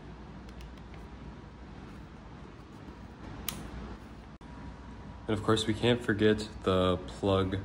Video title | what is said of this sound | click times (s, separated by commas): Updating Talaria XXX with Nucular P24F | Then last but not least, we will plug in the TH/BK. | 3.5 s